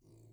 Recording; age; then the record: pig call; weaner (32 to 43 days)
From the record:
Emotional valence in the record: negative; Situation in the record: restrain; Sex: male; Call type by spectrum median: low-frequency call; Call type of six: low-frequency stable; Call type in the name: low-frequency stable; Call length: 0.33 s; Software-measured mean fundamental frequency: 55 Hz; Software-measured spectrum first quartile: 119 Hz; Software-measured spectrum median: 297 Hz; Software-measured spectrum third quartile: 1029 Hz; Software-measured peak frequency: 343 Hz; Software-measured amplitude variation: 105 dB a second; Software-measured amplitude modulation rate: 28.5 a second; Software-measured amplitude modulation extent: 3.7 dB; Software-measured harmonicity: 6.1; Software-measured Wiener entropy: -1.26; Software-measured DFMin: 1226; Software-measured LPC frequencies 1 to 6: 309, 2278, 4640, 5766, 6695, 7551 Hz